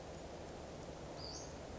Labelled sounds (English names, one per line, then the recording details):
Western Flycatcher
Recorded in Sonoma County, California